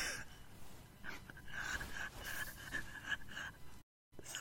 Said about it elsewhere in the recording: All you can hear is my heavily asthmatic breathing. The only thing that you can hear is me wheezing. I'm just so heavily asthmatic that I can't help that I am a heavy breather.